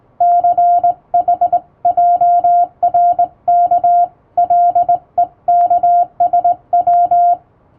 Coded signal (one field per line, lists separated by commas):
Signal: Morse code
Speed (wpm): 19 wpm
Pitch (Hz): 700 Hz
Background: radio noise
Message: CHJRK LEKSW